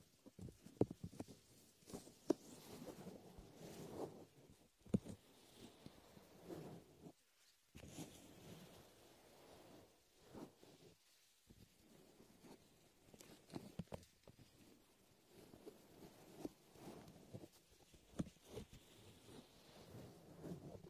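A latex glove rubs and squeezes shaving foam over a microphone ear, making a continuous wet, squelchy rubbing that rises and falls. Sharp crackles and pops of bursting foam punctuate it throughout, with two brief full silences near 7.5 and 11 seconds.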